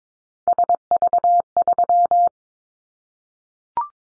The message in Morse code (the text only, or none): SV3